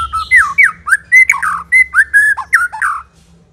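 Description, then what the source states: White-rumped shama song: loud, rich whistled notes slurring up and down, several varied phrases delivered quickly over three seconds. Aggressive song of a fierce white-rumped shama, used as a lure.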